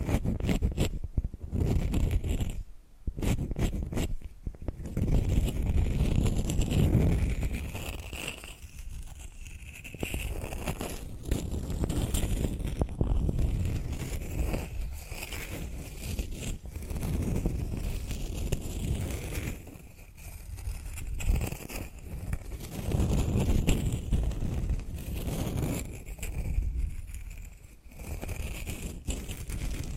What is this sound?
ASMR Hypnotic Tapping and Scratching Sounds